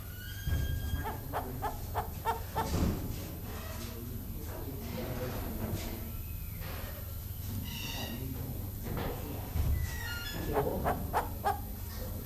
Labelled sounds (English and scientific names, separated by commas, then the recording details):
Von Der Decken's Hornbill (Tockus deckeni) call
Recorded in captivity
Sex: male
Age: adult
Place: Zoo Berlin, Berlin, DE
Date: 2005-08-17 15:20
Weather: heiter, 18°C
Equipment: Panasonic RQ-2102, Sennheiser ME 80, Kopie Uher 4000 Report Monitor
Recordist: Tembrock, Günter
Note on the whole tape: Männchen: Lautfolgen